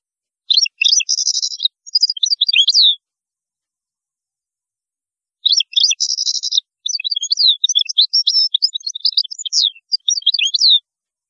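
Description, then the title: European goldfinch song: two bursts of liquid twittering mixed with harsh buzzy notes and quick chirps, separated by a pause of about two and a half seconds. "Chant Chardonneret"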